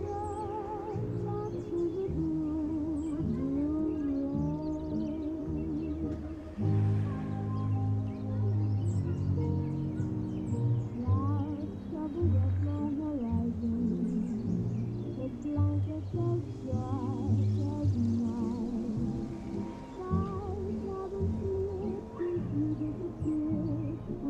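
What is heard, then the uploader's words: Oldies music plays in another room, sounding muffled and somewhat dull. A steady band sound with a firm bass line and a wavering melody, likely a singing voice, runs throughout at a fairly even level, with brief swells around seven and twelve seconds. Summer oldies playing in another room.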